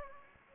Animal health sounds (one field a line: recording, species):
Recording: mosquito wingbeat signal from an infrared sensor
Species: Anopheles gambiae